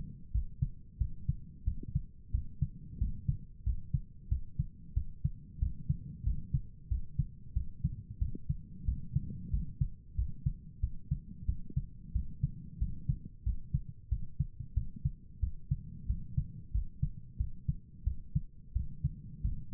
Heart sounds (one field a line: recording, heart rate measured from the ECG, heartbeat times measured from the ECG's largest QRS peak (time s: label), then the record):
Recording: heart sounds by stethoscope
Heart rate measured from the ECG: 91 bpm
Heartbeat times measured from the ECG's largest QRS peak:
0.31 s: heartbeat
0.98 s: heartbeat
1.64 s: heartbeat
2.31 s: heartbeat
2.98 s: heartbeat
3.63 s: heartbeat
4.28 s: heartbeat
4.94 s: heartbeat
5.59 s: heartbeat
6.23 s: heartbeat
6.88 s: heartbeat
7.53 s: heartbeat
8.18 s: heartbeat
8.85 s: heartbeat
9.50 s: heartbeat
10.15 s: heartbeat
10.80 s: heartbeat
11.45 s: heartbeat
12.12 s: heartbeat
12.78 s: heartbeat
13.43 s: heartbeat
14.09 s: heartbeat
14.74 s: heartbeat
15.40 s: heartbeat
16.06 s: heartbeat
16.71 s: heartbeat
17.37 s: heartbeat
18.04 s: heartbeat
18.73 s: heartbeat
19.41 s: heartbeat
From the record:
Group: healthy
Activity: rest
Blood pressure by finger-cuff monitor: 106/74 mmHg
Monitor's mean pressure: 83 mmHg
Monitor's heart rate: 91 bpm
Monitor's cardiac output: 7.3 L/min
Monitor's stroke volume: 79 mL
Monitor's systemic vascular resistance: 830 dyn s/cm5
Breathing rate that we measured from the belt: 18 breaths a minute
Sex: male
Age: 19 years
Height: 178 cm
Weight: 83 kg